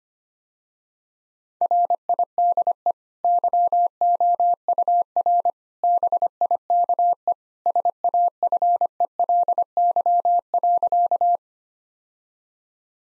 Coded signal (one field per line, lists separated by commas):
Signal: Morse code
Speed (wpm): 25 wpm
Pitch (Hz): 700 Hz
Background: none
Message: RIDE YOUR BIKE SAFELY.